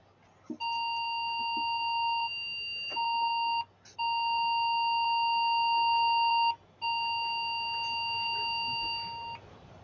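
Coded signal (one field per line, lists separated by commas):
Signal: beep code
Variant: PC POST beeps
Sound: several long steady high beeps, each about two seconds, separated by short pauses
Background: faint room noise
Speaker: I'm going to Google three long beeps. I think it's memory, but I've just Well, I took one stick out.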